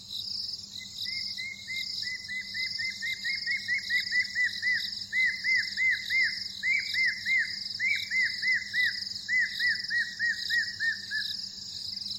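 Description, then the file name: Spotted thick-knee calling a long series of whistled, arched notes that grow louder, then fade away, over a steady high background sound. "Golosa ptic - Kapskaya avdotka Burhinus capensis"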